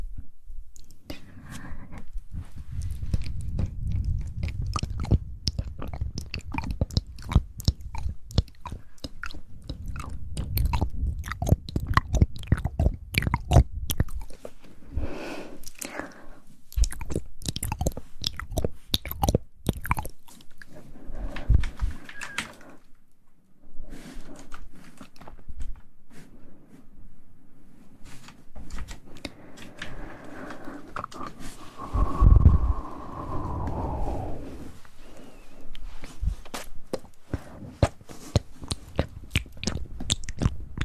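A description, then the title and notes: Mouth sounds of chewing and biting, a dense run of sharp crunchy clicks and wet smacks that continue steadily through the recording. A low, muffled rumble sits underneath, and a brief falling tone sweeps down around the 30-second mark. Mouth sounds.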